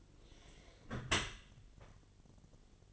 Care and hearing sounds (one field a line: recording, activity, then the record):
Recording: daily activity, microphone in the room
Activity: close dishwasher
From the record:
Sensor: 4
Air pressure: 1007.5 hPa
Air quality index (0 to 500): 199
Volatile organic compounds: 7 ppm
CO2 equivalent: 1989 ppm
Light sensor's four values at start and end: 22/71/27/26 and 23/72/27/26